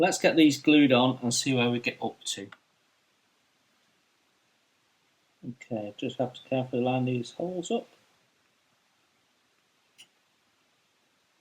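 A plastic superstructure part for a Tamiya 1/350 Mogami aircraft-carrying cruiser model is being glued on and carefully lined up on its locating holes on the ship's hull/deck, before it is pressed into place. Someone talks from about 0.0 to 2.6 s and again from 5.4 to 7.9 s, with quiet between and a faint short tick near 10.0 s. The part has not seated or clicked yet.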